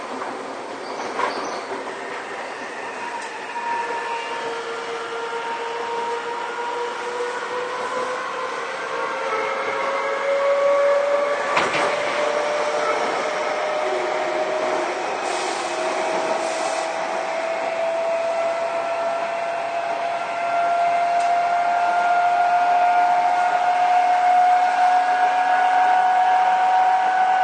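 A Seibu 6000 series train accelerates, its motor whine made of several tones that climb steadily in pitch over the whole stretch. A sharp clack cuts in around the eleventh second, with a steady rushing rumble underneath that grows a little louder near the end.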